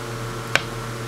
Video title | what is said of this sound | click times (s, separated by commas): Final Rook Piece | frame does sort of lock into place with magnets because it can be taken off I am going to glue the bird down | 0.6 s